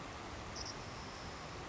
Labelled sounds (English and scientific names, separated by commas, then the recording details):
Savannah Sparrow (Passerculus sandwichensis)
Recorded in Sonoma County, California